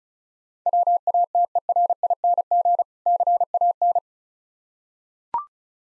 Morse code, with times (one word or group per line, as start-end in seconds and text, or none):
0.7-2.8 WATERING
3.1-4.0 CAN